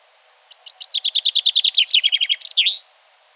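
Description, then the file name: Common chaffinch song, starting softly, then a rapid run of repeated notes dropping in pitch, finished with a flourish. "Fringilla coelebs"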